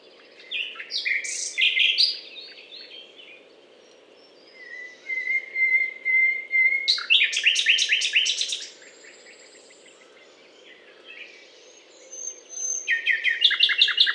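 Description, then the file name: Common nightingale: choppy repeated notes, a long steady whistle, then loud rapid rattling series and high thin whistles, with pauses between phrases. Recorded at the Butte calcaire de Gratacap, France, on 19 May 2012. "rossignol philomele Butte calcaire de Gratacap"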